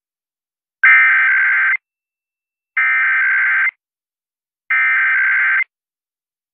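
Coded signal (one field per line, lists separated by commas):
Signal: Emergency Alert System (SAME) tones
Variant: header bursts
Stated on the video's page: Weekly test from Air1 received on FM broadcast station at 92.7.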